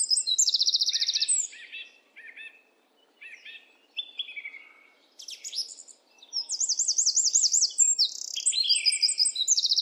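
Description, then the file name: Eurasian wren singing in fast, shrill outbursts, starting with a rattling trill, then scattered chips and another sustained rapid trill near the end. "Troglodytes troglodytes"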